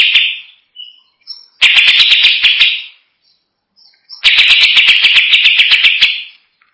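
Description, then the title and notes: Greater green leafbird song: rapid bursts of rich chattering whistles with sharp repeated clicks, two long phrases separated by a short pause. Champion singing bird. "Kicau Burung Cucak Ijo Juara. Suara kicauan burung cucak ijo"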